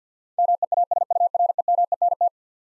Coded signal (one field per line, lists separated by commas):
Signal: Morse code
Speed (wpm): 50 wpm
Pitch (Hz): 700 Hz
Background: none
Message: MEASUREMENT